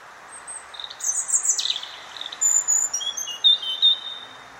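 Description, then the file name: European robin singing several short phrases of high, thin whistles over constant background noise. "Erithacus rubecula"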